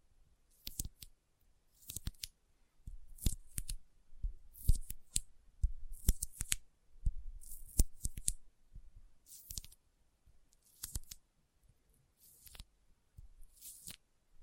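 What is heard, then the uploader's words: Sticky fingers pull apart in sharp, tacky clicks and smacks, bunched into short clusters roughly every second. Each burst carries a bright, crackly peel over a soft thump, with brief silences between bursts across the whole stretch. ASMR Intense Sticky Finger Sounds (No Talking).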